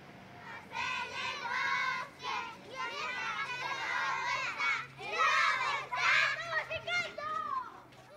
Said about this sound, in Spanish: Si oye ruido en la calle, a veces se asoma por el ventanuco y contempla a los niños, que se distraen gritando y pillándose unos a otros.